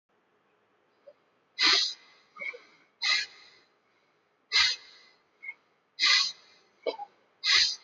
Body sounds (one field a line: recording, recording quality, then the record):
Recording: shallow breathing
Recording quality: excellent, no background noise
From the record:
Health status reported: healthy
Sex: male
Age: 27 years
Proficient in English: yes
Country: India